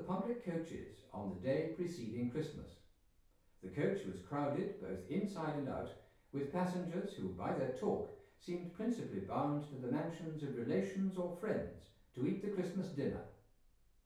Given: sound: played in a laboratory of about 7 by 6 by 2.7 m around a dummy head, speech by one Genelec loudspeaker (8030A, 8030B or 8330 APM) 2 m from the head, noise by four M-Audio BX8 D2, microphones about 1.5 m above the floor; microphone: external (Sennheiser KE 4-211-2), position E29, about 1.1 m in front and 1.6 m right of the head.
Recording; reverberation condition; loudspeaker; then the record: male speech in English; medium; 120 degrees to the right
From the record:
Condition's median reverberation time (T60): about 510 ms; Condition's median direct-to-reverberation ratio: about -0.5 dB